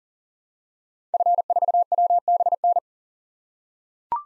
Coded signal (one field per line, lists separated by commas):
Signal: Morse code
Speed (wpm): 40 wpm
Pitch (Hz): 700 Hz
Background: none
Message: F4WBN